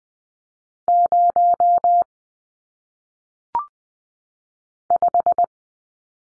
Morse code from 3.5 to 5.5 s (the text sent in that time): 5